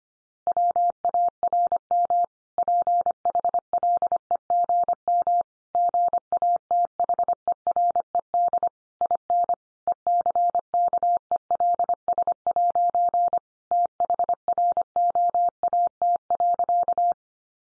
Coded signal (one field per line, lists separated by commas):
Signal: Morse code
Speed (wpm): 25 wpm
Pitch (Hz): 700 Hz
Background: none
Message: WARM PHLEGM GATHERED IN ECKELS' THROAT.